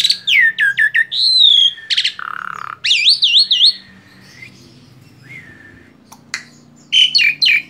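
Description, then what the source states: Asian pied starling song opens with quick chattering notes, then a harsh rasp and looping whistles, followed by softer scattered notes and a closing burst of chatter. Masteran recording, a training track played to caged birds so they learn the song.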